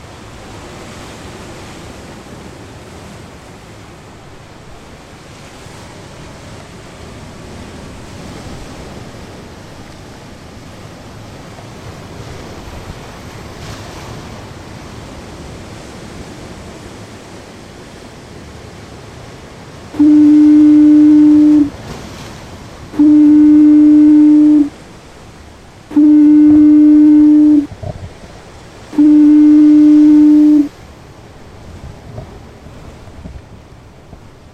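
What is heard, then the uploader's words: The Fastnet Rock foghorn sounds four long, steady blasts at a single low pitch, each about two seconds, evenly spaced between 20 and 31 seconds. Before and between them, a steady rush of wind and surf fills the background. Lighthouses Voices: Ireland - Fastnet Rock Lighthouse. Background sound "Ocean Surf Along the Coast of Maine" by be-steele. Generated sound of Fastnet Rock foghorn in Audacity.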